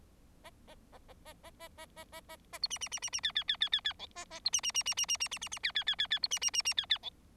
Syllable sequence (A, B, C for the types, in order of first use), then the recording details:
A A A A A A A A A A A A B C C C C C D D D D D D E A A B C C C C C C C C C C D D D D D B C C C C D D E. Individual Bird4